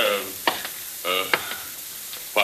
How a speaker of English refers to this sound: Pat, get in there and turn the shower on.